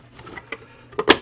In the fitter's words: should just click into place there we go